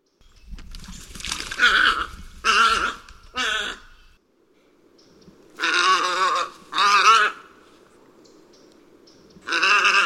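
Tricolored heron uttering rough, buzzy croaks in loose bursts: three calls early, two more in the middle, and a final one after a quiet gap.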